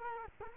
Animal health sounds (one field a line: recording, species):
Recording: mosquito wingbeat signal from an infrared sensor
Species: Culex quinquefasciatus